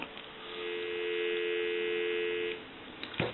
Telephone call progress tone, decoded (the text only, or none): dial tone